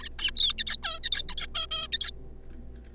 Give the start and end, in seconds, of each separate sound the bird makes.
0.01-0.09, 0.19-0.31, 0.36-0.54, 0.58-0.77, 0.83-1.00, 1.03-1.22, 1.29-1.48, 1.55-1.66, 1.71-1.87, 1.92-2.11